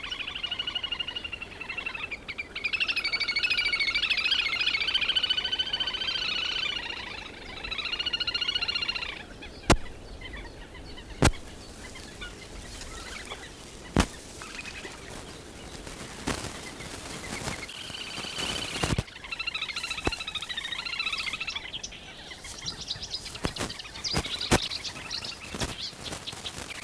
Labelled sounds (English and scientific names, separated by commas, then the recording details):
Little Grebe (Tachybaptus ruficollis) call
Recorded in the wild
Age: adult
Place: Karower Teiche, Naturpark Barnim, Berlin, DE
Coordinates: 52.622, 13.46
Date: 1992-05-16 10:30
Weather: sonnig, ca. 20-22°C
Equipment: Nagra SN, Mikrofon AKG CK 8, Kopie Tesla B 116
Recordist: Tembrock, Günter